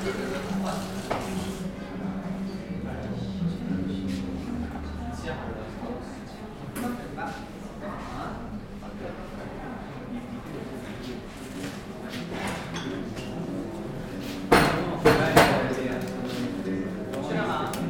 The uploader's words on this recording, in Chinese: 坐在咖啡馆有点开心｜城市声音。北京地坛旁边 没有特地录说话声。